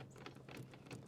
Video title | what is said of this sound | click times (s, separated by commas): This is the Best Cargo Box ! | It's not going to turn until you hear a click. And then good. | 0.3 s, 0.6 s, 0.7 s, 0.9 s